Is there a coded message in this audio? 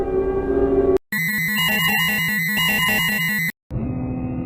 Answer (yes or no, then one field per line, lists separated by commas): no